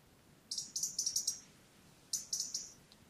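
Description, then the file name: European robin giving two rapid runs of thin, very high notes, the second run shorter, against a soft steady hiss. "Erithacus rubecula"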